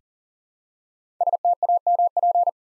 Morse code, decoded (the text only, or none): STAMP